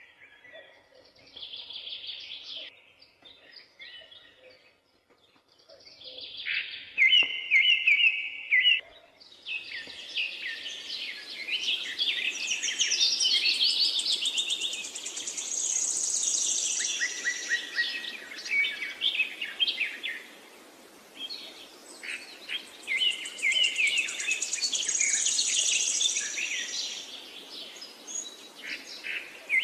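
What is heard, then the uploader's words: Birds sing in a forest, several voices overlapping in bright chirps and trills. The first nine seconds are sparser, with a few calls near the middle, then from about ten seconds the song thickens into a dense, high chorus over a soft, steady hiss. Sounds Of Birds In The Forest.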